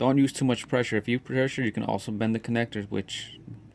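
A replacement screen's flex cable connector is being handled at the logic board socket of a water-damaged iPhone 5s while someone talks throughout. Nothing has seated or clicked yet; the clip ends just before the connector goes home, with only a faint short sound at 3.7 s.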